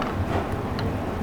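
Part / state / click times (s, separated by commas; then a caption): 36 V e-bike battery into its mounting sled on a recumbent trike / not seated / none. A 36 V lithium-ion e-bike battery is slid into its mounting sled on the boom of a recumbent trike, with brief ticking contacts at about 0.0 s and 0.8 s over steady low background noise. Nothing has seated or clicked yet; the battery is still being handled before it locks home.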